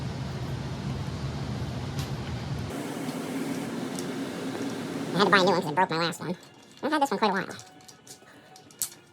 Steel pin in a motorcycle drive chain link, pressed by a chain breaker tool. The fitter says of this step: You hear that? Click. All I did was push that little pin out,